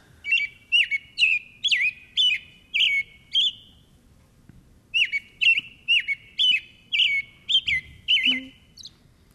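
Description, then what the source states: American robin song: clear, whistled caroling phrases, each rising and falling, delivered in two runs of quick notes separated by a short pause, with faint background hiss. Rolling, back-and-forth, sweet song; played on air.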